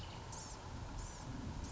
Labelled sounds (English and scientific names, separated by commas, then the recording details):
Blue-gray Gnatcatcher (Polioptila caerulea)
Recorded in Sonoma County, California